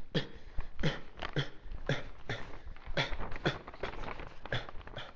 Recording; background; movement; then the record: voluntary coughing; quiet; walking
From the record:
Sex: male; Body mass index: 23.7 kg/m2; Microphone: on the chest, facing outward